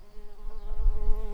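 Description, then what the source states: Early bumblebee buzzing, a steady low hum with even harmonic bands, growing slightly louder toward the end. Workers.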